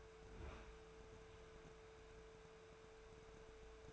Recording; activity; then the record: daily activity, microphone in the room; open fridge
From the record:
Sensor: 2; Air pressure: 1014.7 hPa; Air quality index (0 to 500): 189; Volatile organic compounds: 15 ppm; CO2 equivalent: 2499 ppm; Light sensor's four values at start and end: 9/24/9/10 and 10/24/10/10